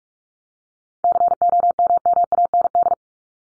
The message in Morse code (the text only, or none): COMMAND